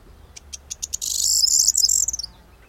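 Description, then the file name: Corn bunting song: a few ticking notes that speed up into a dense, jangling, glassy trill lasting about a second. "Kornsparv"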